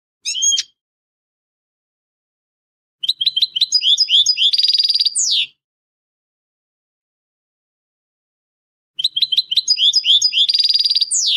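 Finch song: a short high call, then a fast run of chirps and trills ending in a buzzy flourish, begun again after a long silent pause.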